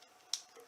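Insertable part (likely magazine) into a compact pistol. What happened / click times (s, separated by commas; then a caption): The part snapped into place / 0.3 s. A hard-to-insert part, likely the magazine or an accessory, is worked into a small polymer S&W Bodyguard .380 pistol. After a faint low background, a single sharp, bright click lands at 0.3 s, followed by a softer tick near the end. The part seats properly with that click.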